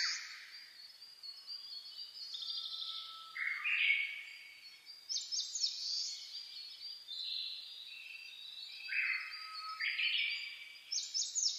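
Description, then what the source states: Birds in a dawn chorus: loud chattering bursts and high whistled phrases from several singers. Dawn chorus (reimei, saezuri) recorded on 10 May 2010 at 04:01.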